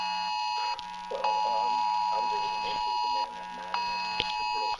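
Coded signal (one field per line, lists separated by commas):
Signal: Emergency Alert System (SAME) tones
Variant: 853 and 960 Hz attention tone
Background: speech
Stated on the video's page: National Emergency Alert System and Wireless Emergency Alert test on cell phones, TV and radio.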